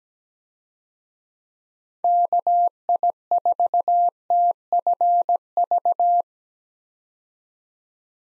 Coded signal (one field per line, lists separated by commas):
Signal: Morse code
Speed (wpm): 17 wpm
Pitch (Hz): 700 Hz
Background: none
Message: KI4TFV